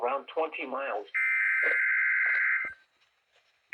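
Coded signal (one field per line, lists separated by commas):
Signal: Emergency Alert System (SAME) tones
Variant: header bursts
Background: speech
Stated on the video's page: EAS Required Weekly Test.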